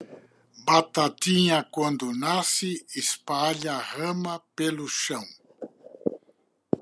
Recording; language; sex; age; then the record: short text; Brazilian Portuguese; male; 80 to 89 years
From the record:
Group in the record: control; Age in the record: 81 years